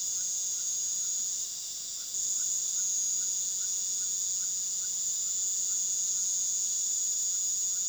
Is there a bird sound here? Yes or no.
no